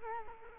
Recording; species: mosquito wingbeat signal from an infrared sensor; Culex quinquefasciatus